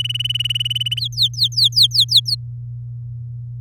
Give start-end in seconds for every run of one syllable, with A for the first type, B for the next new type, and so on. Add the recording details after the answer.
0.00-0.99 A, 1.00-2.35 B. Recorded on 9 May 2018 at 12:06. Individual llb16